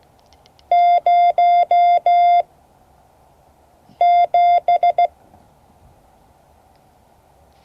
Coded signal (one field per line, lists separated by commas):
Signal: Morse code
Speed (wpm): 15 wpm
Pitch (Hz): 700 Hz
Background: none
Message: 07